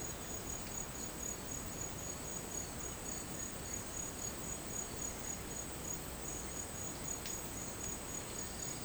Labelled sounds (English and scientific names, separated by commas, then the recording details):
none
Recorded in dense forest near Puerto Asís, Putumayo, Colombia, on 24 March 2025 at 09:30
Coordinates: 0.500, -76.322
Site GP06